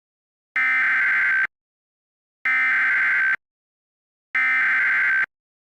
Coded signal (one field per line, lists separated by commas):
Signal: Emergency Alert System (SAME) tones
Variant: header bursts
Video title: (REUPLOAD) EAS Scenario - The Care Bear Revelation (THIS SUCKS AND IT WILL BE REMASTERED)